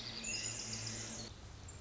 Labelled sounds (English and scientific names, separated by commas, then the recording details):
Pacific Wren (Troglodytes pacificus)
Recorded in Sonoma County, California